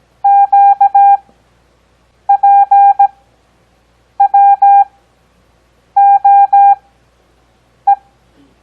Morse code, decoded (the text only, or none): QPWOE